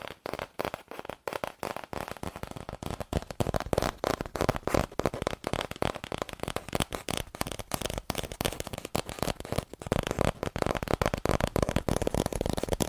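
Fast, aggressive tapping on cardboard, a rapid dense stream of sharp dry knocks running the whole thirteen seconds. The hits come slightly irregular, with a few brief gaps early on, and the rattling grows busier and steadier after about three seconds.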